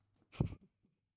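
A single quiet, low, rumbling snort lasting about a quarter of a second, with a breathy rasp on top and a faint trailing breath after it. It is a dog named Pickles snoring in the background of a quiet room, an ordinary sleep sound.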